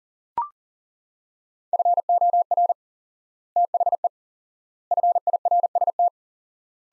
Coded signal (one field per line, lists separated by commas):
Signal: Morse code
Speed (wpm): 40 wpm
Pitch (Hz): 700 Hz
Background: none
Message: FOR THE FIRST